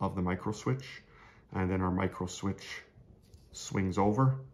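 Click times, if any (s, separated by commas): none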